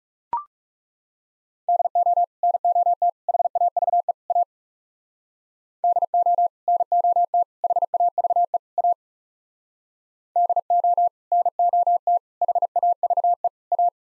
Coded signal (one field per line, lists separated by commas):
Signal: Morse code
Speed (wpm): 38 wpm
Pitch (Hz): 700 Hz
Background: none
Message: DO NOT HAVE A DO NOT HAVE A DO NOT HAVE A